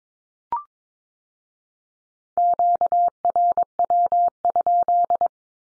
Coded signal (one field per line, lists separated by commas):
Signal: Morse code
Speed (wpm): 22 wpm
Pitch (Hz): 700 Hz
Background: none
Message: QRW?